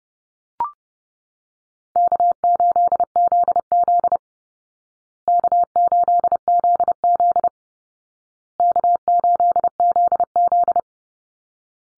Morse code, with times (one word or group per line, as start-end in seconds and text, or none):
2.0-4.2 K8ZZ
5.3-7.5 K8ZZ
8.6-10.8 K8ZZ